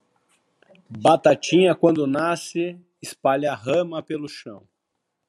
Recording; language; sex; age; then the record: short text; Brazilian Portuguese; male; 40 to 49 years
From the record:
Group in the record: control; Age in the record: 42 years